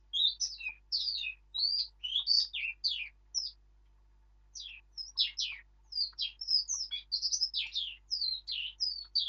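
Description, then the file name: Eurasian blackcap song in two bursts of quick, varied warbling notes, separated by a short silent gap of about a second. "Sylvia atricapilla"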